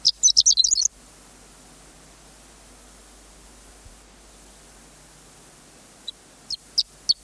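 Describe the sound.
Horned lark singing: a brief burst of high, thin, tinkling notes, a long pause, then several sharp high chips starting another phrase.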